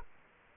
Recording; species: mosquito wingbeat signal from an infrared sensor; Culex quinquefasciatus